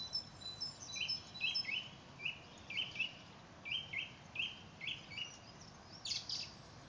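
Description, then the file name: Song thrush song: short, bright notes repeated in quick groups, the same phrase returning several times, with a steady background hiss. Recorded in a garden in Büren on 3 March 2019. "Singdrossel am 03 03 2019 im Bürener Garten"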